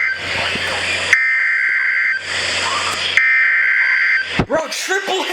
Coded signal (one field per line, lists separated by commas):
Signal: Emergency Alert System (SAME) tones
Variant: header bursts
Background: speech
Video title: Overnight Event - EAS Alerts from 3/15-3/16/26 on #WWG83, #KEC74, and #KJY93 (EAS 222-239)